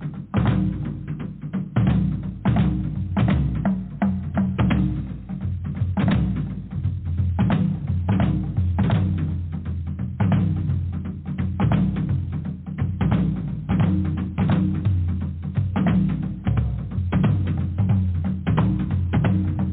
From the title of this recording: DRUMMING